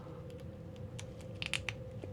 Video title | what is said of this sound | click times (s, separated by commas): Is This Howling Werewolf Figure a FAIL? - Syndicate Collectables Honest Review | Right, you can hear it clicking there. | 1.4 s, 1.5 s, 1.7 s